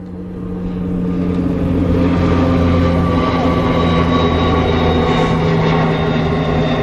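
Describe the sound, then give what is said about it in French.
A CASA military transport plane flies at 2,500 metres over a clearing between the RN1 and the Étang-Salé forest at 7:30 in the morning, carrying up to 28 personnel to be dropped: a loud, steady engine roar with deep humming tones and a faint high whine, swelling in over the first second, then holding constant. “À 2500 mètres d'altitude, un avion militaire, un CASA, survole une clairière entre la RN1 et la forêt d'étang Salé.”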